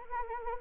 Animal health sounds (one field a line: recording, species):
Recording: mosquito wingbeat signal from an infrared sensor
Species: Anopheles arabiensis